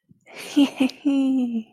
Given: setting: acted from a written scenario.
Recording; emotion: vocal sound without words; triumph